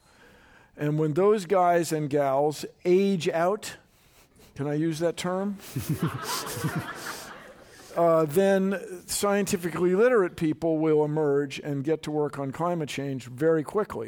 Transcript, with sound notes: And when those guys and gals age out, can I use that term?
[Laughter]
Then scientifically literate people will emerge and get to work on climate change very quickly.